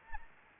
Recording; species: mosquito wingbeat signal from an infrared sensor; Anopheles arabiensis